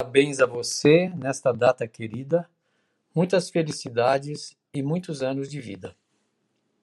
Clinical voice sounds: short text; Brazilian Portuguese; male; 70 to 79 years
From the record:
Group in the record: control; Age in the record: 75 years

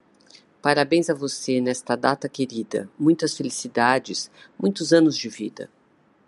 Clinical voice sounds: short text; Brazilian Portuguese; female; 60 to 69 years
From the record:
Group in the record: control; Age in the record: 60 years

